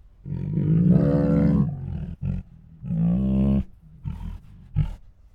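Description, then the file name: Tiger giving two long, deep moaning roars, the first over a second long, with short breathy huffs between and after them. Two hungry tigers making many huffs, moans and roars. "Two Tigers Make Many Hungry Huffs, Moans and Roars [Sound Ideas]"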